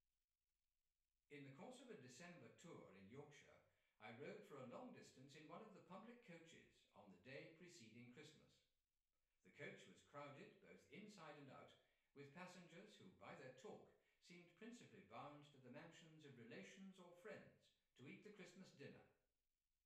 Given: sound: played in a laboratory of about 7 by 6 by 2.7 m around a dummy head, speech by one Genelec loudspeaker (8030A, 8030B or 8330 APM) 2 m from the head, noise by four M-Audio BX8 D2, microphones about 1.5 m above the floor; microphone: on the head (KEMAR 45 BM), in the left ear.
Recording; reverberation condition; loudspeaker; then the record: male speech in English; medium; 90 degrees to the right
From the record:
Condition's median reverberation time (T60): about 510 ms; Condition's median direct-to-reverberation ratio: about -0.5 dB